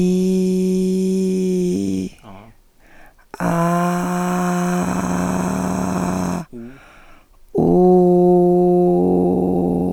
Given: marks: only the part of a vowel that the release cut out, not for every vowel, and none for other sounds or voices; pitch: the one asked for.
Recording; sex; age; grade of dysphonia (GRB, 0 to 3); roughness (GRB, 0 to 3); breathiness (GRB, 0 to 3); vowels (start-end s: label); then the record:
sustained vowels; female; 50 to 59 years; 3; 2; 3
0.00-1.94 s: vowel /i/, normal pitch
3.91-5.88 s: vowel /a/, normal pitch
7.76-9.73 s: vowel /u/, normal pitch
From the record:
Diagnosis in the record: dysphonia, Reinke's edema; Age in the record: 52 years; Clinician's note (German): Beidseitiges Ödem mit hyperfunktioneller unvollständiger Kompensation